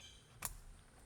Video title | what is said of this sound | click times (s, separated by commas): This $300 Amazon Carbon Wheel Is a MUST for Every Raptor! | Okay, now that side just popped. | 0.5 s